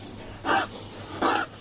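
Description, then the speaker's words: Pig coughing, two short, rough bursts less than a second apart over a faint steady hum. Several pigs on a straw-based farm in Brittany, France, coughing from a virus according to a vet who came that day, after colder temperatures; pigs are sensitive to drafts and temperature changes. "Today, several of the pigs are coughing. It's a virus, according to a vet who came earlier that day."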